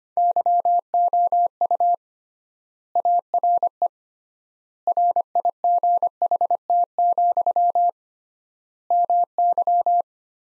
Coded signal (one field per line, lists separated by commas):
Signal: Morse code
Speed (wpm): 25 wpm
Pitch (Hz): 700 Hz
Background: none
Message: YOU ARE RIGHT, MY